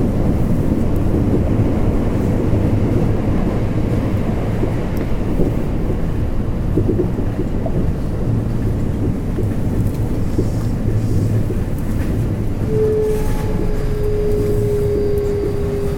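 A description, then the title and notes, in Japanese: Running sound of a Kintetsu 5820 series train on a Nara Line local service: a steady, dense low rumble and roar that holds an even level throughout. Near the thirteenth second a clear mid-pitched whine rises in and continues, dipping slightly, to the end. 近畿日本鉄道5820系の走行音です。奈良線の各駅停車にて収録しました。区間は、大阪難波から河内小阪までです。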